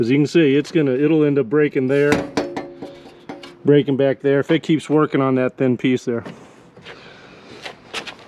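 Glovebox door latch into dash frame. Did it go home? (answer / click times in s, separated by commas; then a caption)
no / none. Someone talks while handling the fabricated metal glovebox door on a VW rally buggy, about to pull it up so its latch goes into the dash frame, with a few brief taps under the speech. Nothing has seated or clicked yet.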